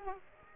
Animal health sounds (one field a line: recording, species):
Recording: mosquito wingbeat signal from an infrared sensor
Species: Aedes aegypti